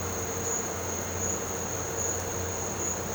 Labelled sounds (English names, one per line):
none